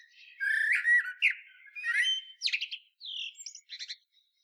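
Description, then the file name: Common blackbird song: mellow fluted whistles flowing into chattering high notes and a few thin, buzzy trills. "Turdus merula"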